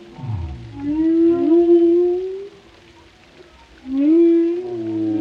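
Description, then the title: Whale song: a long, rising moan with rich harmonics, a low descending groan at the start, a pause, then another swelling tonal moan. Compilation of varied whale vocalizations, including haunting moans and resonant calls, presented for relaxation. "Soothing Symphony of the Deep: Captivating Whale Sounds for Relaxation"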